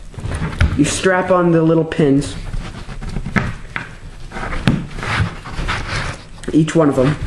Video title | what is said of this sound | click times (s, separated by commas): Gerber LMF 2 Military Survival knife Review | and you hear it click | 0.6 s